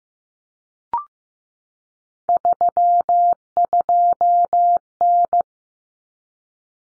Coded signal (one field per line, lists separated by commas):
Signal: Morse code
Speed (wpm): 15 wpm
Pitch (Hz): 700 Hz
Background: none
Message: 32N